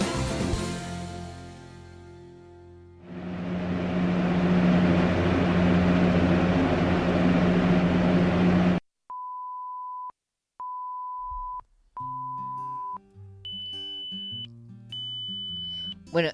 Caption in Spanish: Son lo que se conoce como acúfenos o zumbidos de los oídos. Con este sonido conviven las 24 horas del día entre un 5 y un 8% de los españoles. Son sonidos que no tienen un motivo externo, es decir, no los provoca ningún aparato, no los provoca más que nuestro oído y nuestro cerebro.